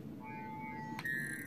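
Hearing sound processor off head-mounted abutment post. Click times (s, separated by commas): 1.0 s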